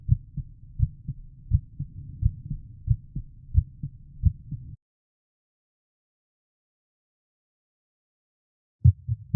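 Steady, muffled low thumps in lub-dub pairs at about 85 beats a minute, with a regular rhythm and no other sounds. After roughly four seconds of silence, the beats briefly resume. A heartbeat.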